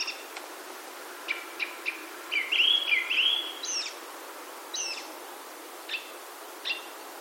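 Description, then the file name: Japanese thrush song: a few sharp chips, then a warbled whistled phrase rising and falling, followed by scattered high call notes. "kurotsu"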